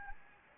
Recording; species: mosquito wingbeat signal from an infrared sensor; Anopheles gambiae